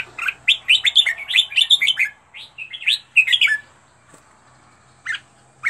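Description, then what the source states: Red-whiskered bulbul delivering a fast, jumbled string of sweet whistled notes, then falling quiet before a couple of single notes. Used to teach birds to sing, featuring 15 standard song styles.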